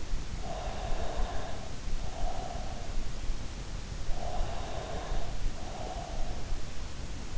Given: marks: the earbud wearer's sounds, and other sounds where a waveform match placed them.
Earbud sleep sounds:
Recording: sounds in sleep by an in-ear microphone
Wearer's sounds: breath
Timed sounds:
0.43-2.95 s: breath
4.08-6.40 s: breath

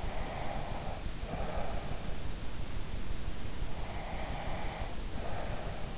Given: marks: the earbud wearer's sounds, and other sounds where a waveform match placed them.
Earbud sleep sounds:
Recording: sounds in sleep by an in-ear microphone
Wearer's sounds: breath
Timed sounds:
0.00-2.01 s: breath
3.98-5.88 s: breath

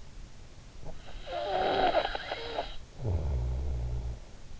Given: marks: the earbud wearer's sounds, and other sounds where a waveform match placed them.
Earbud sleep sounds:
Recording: sounds in sleep by an in-ear microphone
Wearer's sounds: snoring breath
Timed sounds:
0.65-4.46 s: snoring breath

